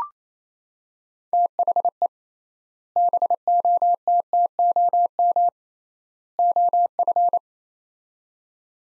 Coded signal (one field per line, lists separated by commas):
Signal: Morse code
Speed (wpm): 28 wpm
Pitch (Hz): 700 Hz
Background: none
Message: THE BOTTOM OF